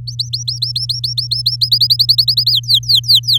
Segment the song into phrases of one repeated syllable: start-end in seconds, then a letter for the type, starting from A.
0.07-1.56 A, 1.61-2.51 B, 2.52-3.38 C